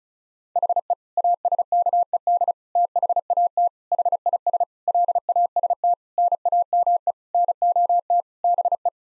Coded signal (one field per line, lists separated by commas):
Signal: Morse code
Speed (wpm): 36 wpm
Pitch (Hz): 700 Hz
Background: none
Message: HE ASKED THAT HIS LAST NAME NOT BE